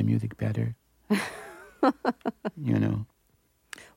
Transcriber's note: laughter